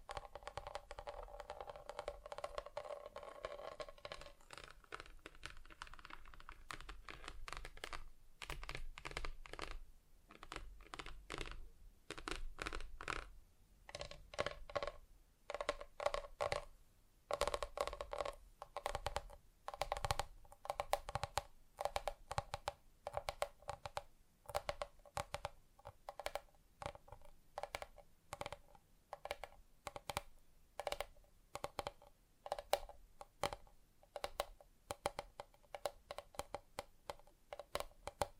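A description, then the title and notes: Fingers tap on various surfaces in quick, irregular bursts, sparse early then growing denser and sharper, with brief pauses between clusters of taps. ASMR Just Tapping (Different Surfaces No Talking).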